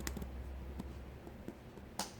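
A replacement plastic ink cartridge is held from below and pushed into the carriage of a TS5120 inkjet printer, with small handling clicks and ticks along the way. At 2.0 s it locks in with a sharp snap, and the cartridge is seated and installed.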